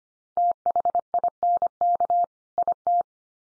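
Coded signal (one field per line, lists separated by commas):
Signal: Morse code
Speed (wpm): 25 wpm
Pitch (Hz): 700 Hz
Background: none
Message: THINK IT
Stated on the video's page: Head-copy drill of common two-word groups sent at 25 wpm, each sent, then spoken, then sent again.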